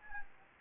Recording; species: mosquito wingbeat signal from an infrared sensor; Anopheles arabiensis